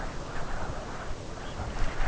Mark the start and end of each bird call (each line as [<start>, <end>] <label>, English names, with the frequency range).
[1.38, 1.61] Red Phalarope (2.2-3.8 kHz)